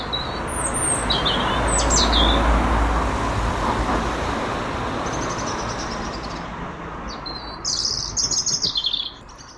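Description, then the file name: European robin giving high, thin chirps and short whistled notes early on, then a quick burst of rapid, buzzy repeated notes near the end, over loud, steady traffic rumble. "Erithacus rubecula"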